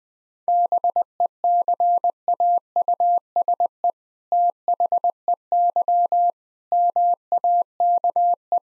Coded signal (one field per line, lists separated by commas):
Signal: Morse code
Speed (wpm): 21 wpm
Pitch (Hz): 700 Hz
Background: none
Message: BECAUSE THEY MAKE